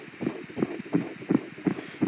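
Fetal heartbeat heard by ultrasound Doppler at 12 and a half weeks of pregnancy.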